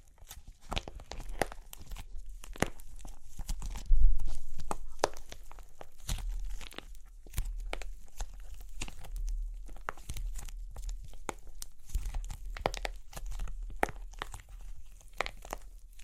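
Crunchy clay cracks and crumbles in dense, irregular bursts of sharp crackles and snaps, louder around four seconds, over a steady low rumble.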